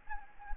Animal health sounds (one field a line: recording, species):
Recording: mosquito wingbeat signal from an infrared sensor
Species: Anopheles gambiae